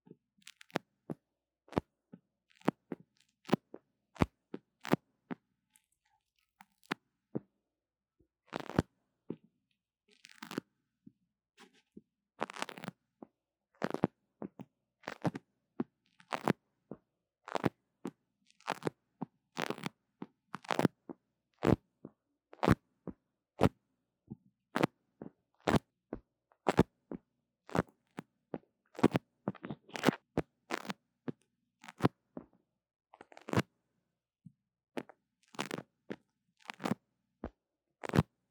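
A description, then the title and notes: Tapping and scratching on a tiny microphone, very close and crisp: sharp clicks and knocks arrive in quick, uneven clusters throughout. Short rough scratching bursts mix in, especially around the middle, with near silence between hits. 刺痛觸發迷你麥克風. Tingles With Mini Mic Tapping & Scratching. NO Talking.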